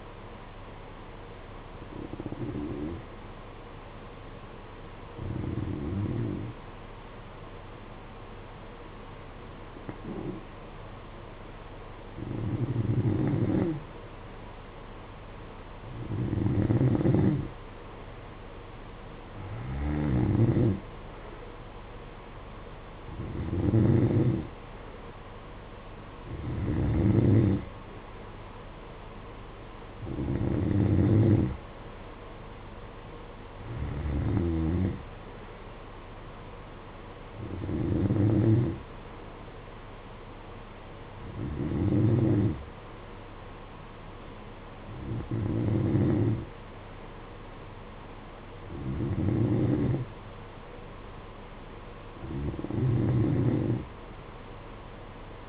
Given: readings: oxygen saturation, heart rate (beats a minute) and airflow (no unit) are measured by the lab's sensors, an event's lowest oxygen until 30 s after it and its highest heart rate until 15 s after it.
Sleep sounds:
breathing in sleep by a voice recorder at the bedside; 1
3.00-17.60 s: hypopnea (N2, oxygen 94% highest, then 90% lowest, heart rate 52 at the start, 58 highest)
From the record:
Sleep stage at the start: N2 (light sleep); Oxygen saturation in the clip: 90 to 94%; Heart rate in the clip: 52 to 58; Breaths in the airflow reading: 15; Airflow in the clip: -8.0 to 6.1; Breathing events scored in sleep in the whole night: 476 in 9.7 hours asleep

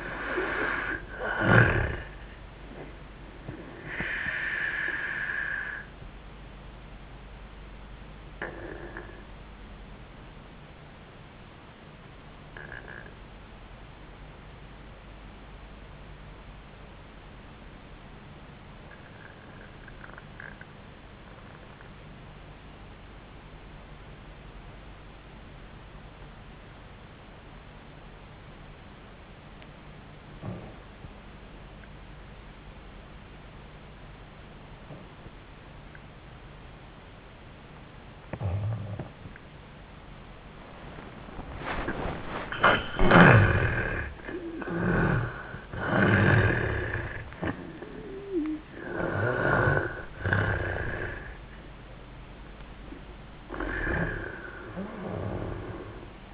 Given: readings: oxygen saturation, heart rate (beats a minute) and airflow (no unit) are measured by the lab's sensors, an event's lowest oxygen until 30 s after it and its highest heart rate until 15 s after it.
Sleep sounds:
breathing in sleep by a voice recorder at the bedside; 1
15.00-44.70 s: obstructive apnea (N2, oxygen 98% highest, then 76% lowest, heart rate 68 at the start, 93 highest)
37.00-56.34 s: new sleep stage, N1 (lightest sleep)
From the record:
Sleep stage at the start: N2 (light sleep); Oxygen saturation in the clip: 79 to 98%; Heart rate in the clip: 68 to 93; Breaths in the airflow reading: 4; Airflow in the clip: -12.5 to 10.2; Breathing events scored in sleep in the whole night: 400 in 8.7 hours asleep

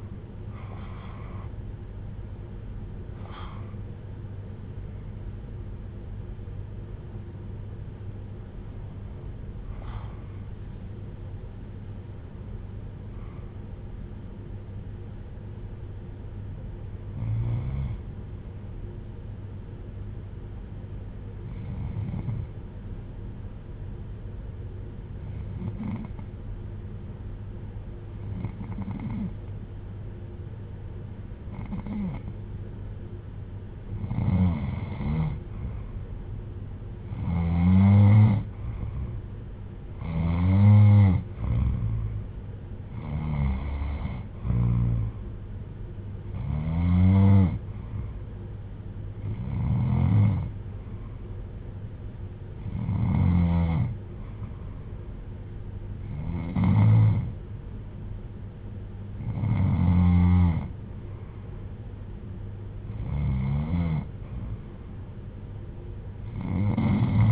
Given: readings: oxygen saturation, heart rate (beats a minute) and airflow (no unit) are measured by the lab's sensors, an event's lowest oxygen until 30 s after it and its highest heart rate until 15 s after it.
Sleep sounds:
breathing in sleep by a smartphone at the bedside; 1
12.00-35.40 s: hypopnea (N1, oxygen 98% highest, then 91% lowest)
25.00-67.32 s: new sleep stage, N2 (light sleep)
From the record:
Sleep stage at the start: N1 (lightest sleep); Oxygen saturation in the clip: 91 to 98%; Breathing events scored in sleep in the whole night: 310 in 8.1 hours asleep

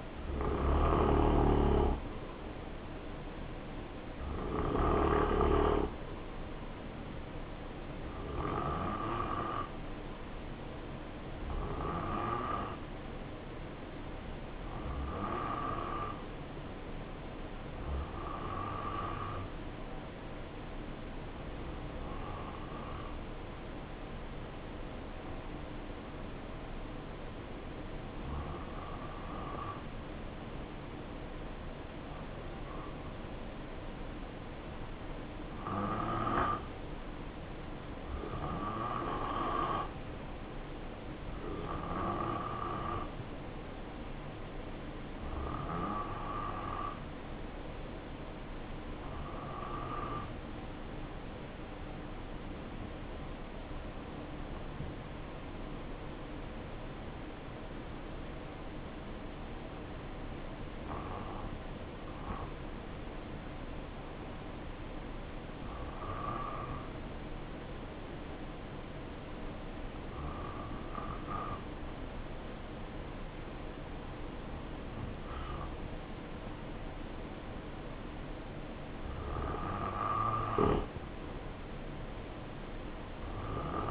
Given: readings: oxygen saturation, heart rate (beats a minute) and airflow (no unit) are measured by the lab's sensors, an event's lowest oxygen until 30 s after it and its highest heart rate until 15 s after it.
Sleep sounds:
breathing in sleep by a voice recorder at the bedside; 2
5.00-42.80 s: hypopnea (N2, oxygen 93% highest, then 89% lowest, heart rate 63 at the start, 69 highest)
53.00-78.00 s: hypopnea (N2, oxygen 92% highest, then 85% lowest, heart rate 64 at the start, 71 highest)
From the record:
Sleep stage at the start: N2 (light sleep); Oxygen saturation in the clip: 88 to 93%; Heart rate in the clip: 60 to 71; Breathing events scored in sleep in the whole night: 277 in 7.4 hours asleep

